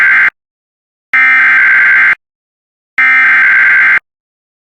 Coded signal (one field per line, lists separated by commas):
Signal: Emergency Alert System (SAME) tones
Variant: header bursts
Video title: [RARE] DESTRUCTIVE STORM SVR [80mph winds] + 2 EAS Tests (EAS #128-130)